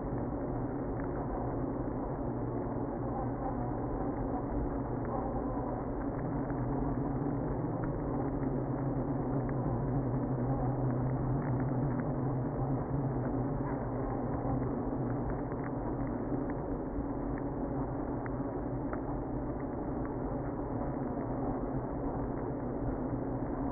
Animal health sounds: honeybee colony, microphone inside the hive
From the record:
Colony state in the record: queenless (queen removed); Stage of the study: after two queens were removed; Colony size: about 60,000 bees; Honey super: yes

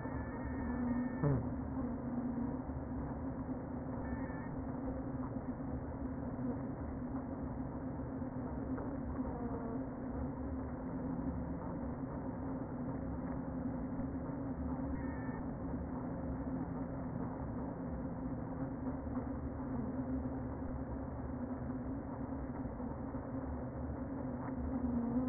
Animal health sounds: honeybee colony, microphone inside the hive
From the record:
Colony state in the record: queen present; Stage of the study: before two queens were removed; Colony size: about 60,000 bees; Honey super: yes

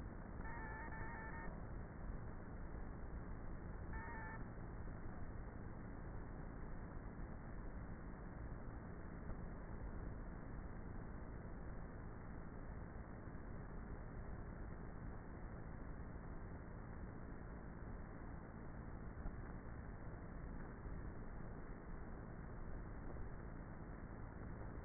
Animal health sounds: honeybee colony, microphone inside the hive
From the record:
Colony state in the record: queenless with a low population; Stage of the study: before two queens were removed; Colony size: about 30,000 bees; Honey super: no

